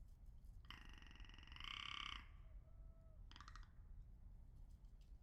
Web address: 2019 04 13 lewitt lct 540 s and rock ptarmigan